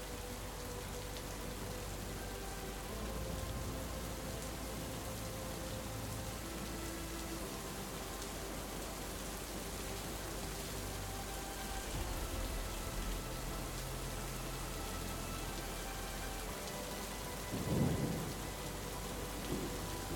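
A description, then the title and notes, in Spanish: Soft, steady rain hisses evenly throughout, with a low hum and sustained soft tones beneath, and a brief rumble of thunder near eighteen seconds. TRUENOS, LLUVIA y MELODÍA Suave.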